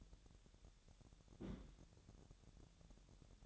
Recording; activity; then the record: daily activity, microphone in the room; place on stove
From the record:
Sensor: 3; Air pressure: 1012.1 hPa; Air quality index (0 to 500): 197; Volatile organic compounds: 3 ppm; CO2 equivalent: 1478 ppm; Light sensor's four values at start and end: 120/283/117/106 and 120/283/117/105